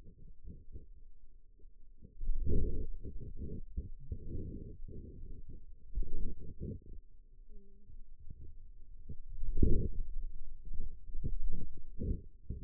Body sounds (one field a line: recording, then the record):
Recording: forearm muscle sounds (acoustic myography)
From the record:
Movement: wrist extension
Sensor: system 2, bracelet of six BSWA MPA416 microphones around the upper forearm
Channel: 3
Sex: male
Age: 22 years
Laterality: right